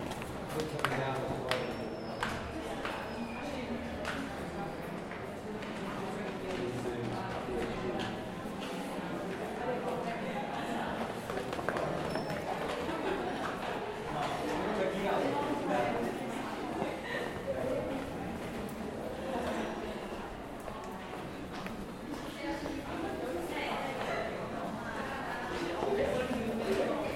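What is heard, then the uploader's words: Inside a stairwell, a steady murmur of voices and snatches of conversation fills the space, with scattered footsteps and sharp clicks throughout. A low, constant air-conditioning hum sits underneath, and the level stays fairly even across the whole recording. UCL Soundscapes: South Junction stairs. In stereo on Zoom H4N with windscreen. Footsteps, brief moments of conversations and the hum of air conditioning in the background. Field recording of the stairs in the South Junction.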